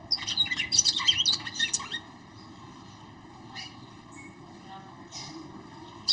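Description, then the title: Red-cowled cardinal song: a quick jumble of high chirpy notes for two seconds, then a few scattered short calls over a low background hum. Female singing to the male; audio used to excite a male kept bird. "Canto Galo Campina Fêmea. FÊMEA DE GALO DE CAMPINA FOGOSA CANTANDO PRO MACHO"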